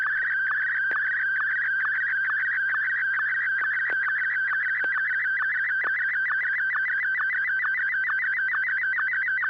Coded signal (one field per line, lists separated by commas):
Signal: SSTV (slow-scan television)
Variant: Martin 1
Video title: N6NA SSTV Net - 01/29/2025